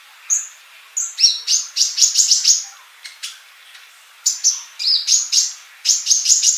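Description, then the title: Bird song: a lone high chirp, then two bursts of quick, high chirps and slurred whistles separated by a quieter pause. "Kicau Burung"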